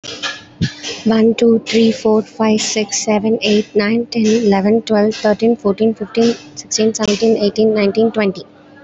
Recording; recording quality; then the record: counting at a normal pace; excellent, no background noise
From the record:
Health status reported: healthy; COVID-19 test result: negative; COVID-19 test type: RT-PCR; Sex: female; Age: 19 years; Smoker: no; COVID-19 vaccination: both doses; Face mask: worn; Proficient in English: yes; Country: India